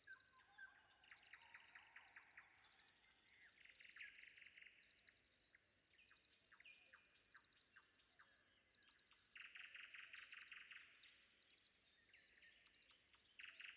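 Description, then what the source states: Common nightingale delivering bursts of rapid repeated notes and buzzy rattles between pauses, while other birds sing and a continuous high whine persists. Recorded before dawn.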